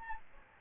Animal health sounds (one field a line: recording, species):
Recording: mosquito wingbeat signal from an infrared sensor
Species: Aedes albopictus